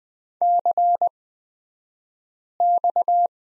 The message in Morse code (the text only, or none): CX